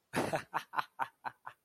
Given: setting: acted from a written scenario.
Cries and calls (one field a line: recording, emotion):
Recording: vocal sound without words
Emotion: amusement